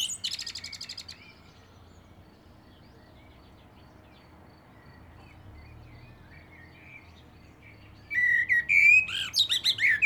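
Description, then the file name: Common blackbird opens with a rapid high chattering burst, falls silent for several seconds, then gives a fluted phrase with squeaky high notes. "Turdus merula"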